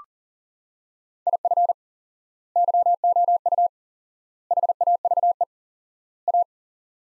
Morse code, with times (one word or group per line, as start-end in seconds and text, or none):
1.3-1.7 IF
2.6-3.7 YOU
4.5-5.4 HAVE
6.3-6.4 A